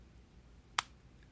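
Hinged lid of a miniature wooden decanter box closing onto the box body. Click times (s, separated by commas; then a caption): 0.8 s. The hinged lid of a miniature wooden decanter box with brass fittings is closed onto the box body a second time. It gives a single sharp snap at 0.8 s against a quiet background, followed by a faint tick at 1.2 s. The lid snaps into place and is seated.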